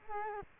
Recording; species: mosquito wingbeat signal from an infrared sensor; Culex quinquefasciatus